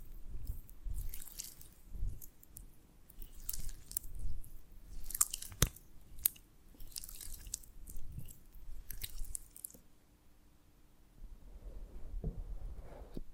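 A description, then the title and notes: Honeycomb being chewed and bitten, with wet, sticky squishing and occasional crisp crunches. The sounds come in irregular bursts through most of the clip, with a sharp snap around five seconds, then fade to quieter chewing and a brief pause near ten seconds before resuming. ASMR of a Honeycomb on Branch (No Talking).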